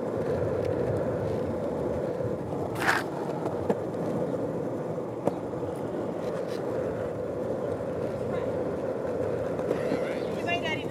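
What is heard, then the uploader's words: A steady rolling rumble of wheels on a smooth path, with a brief scrape near three seconds and occasional small twig snaps. Lakeshore Path. On a warm and breezy day, we cruise along a relatively smooth path near the lake's shoreline. A few twigs occasionally get in the way.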